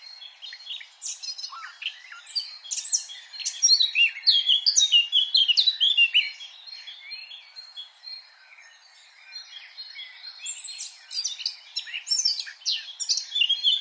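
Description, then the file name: Eurasian blackcap warbling, long bursts of busy high twittering and trills, softening for a couple of seconds after the middle, then resuming strongly. "Sylvia atricapilla"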